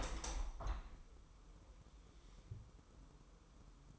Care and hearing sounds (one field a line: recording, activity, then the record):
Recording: daily activity, microphone in the room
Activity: open window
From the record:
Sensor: 1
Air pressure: 1000.4 hPa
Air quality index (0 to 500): 246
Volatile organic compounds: 139 ppm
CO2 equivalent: 3970 ppm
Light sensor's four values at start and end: 10/25/10/11 and 11/27/11/12